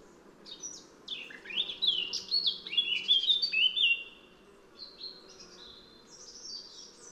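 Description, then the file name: Eurasian blackcap: songbird warbling with bright rising and falling whistled phrases, followed by quieter high notes over background hiss. "Sylvia atricapilla"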